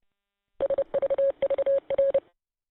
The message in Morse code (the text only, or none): SVVR